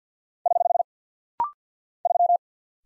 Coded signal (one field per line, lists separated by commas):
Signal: Morse code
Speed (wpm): 48 wpm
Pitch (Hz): 700 Hz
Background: none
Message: <HH> 3